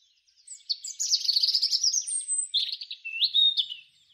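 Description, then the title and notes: European robin singing a high, sweet phrase of thin whistles and rapid trills. Robin song presented as one of the most loved garden birds. "Notenkrakers. de zang van de roodborst, een van de meest geliefde tuinvogels"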